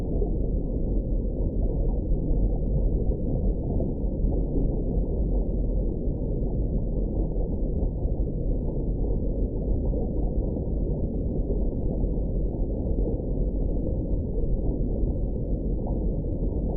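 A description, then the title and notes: A deep, steady engine rumble heard underwater, thick and unbroken for the whole stretch. The sound is muffled and low, with nothing bright above it, and its loudness holds even from start to finish with a dense, churning grain. Underwater Engine Rumble Noises.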